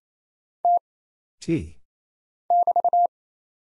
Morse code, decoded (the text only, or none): T <BT>